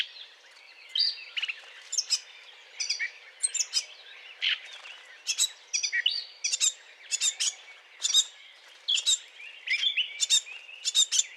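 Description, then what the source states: Eurasian blackcap song, quieter scratchy warbling with sharp high notes in short, irregular bursts, over a light background hiss. Courtship song.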